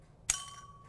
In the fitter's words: and if I push down on this orange button here we'll hear a click